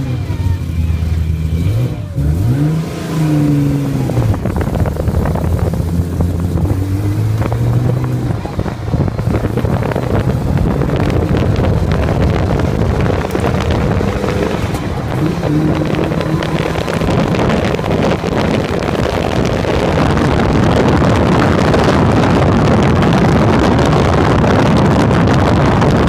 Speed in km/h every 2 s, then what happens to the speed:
3, 12, 22, 30, 36, 41, 51, 50, 53, 63, 70, 73, 68.
0-23 speeds up to 73.